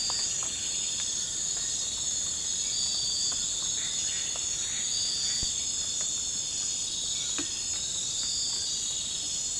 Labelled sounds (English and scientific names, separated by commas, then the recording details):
none
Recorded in pastures near Puerto Asís, Putumayo, Colombia, on 20 December 2024 at 00:00
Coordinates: 0.466, -76.322
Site G040